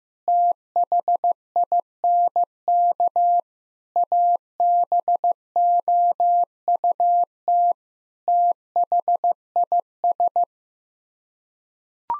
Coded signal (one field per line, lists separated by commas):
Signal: Morse code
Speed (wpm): 15 wpm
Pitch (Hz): 700 Hz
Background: none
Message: THINK ABOUT THIS